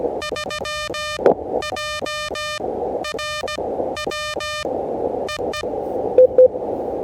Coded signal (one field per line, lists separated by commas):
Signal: Morse code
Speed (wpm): 17 wpm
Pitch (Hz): 1210 Hz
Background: radio noise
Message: 3JRW EE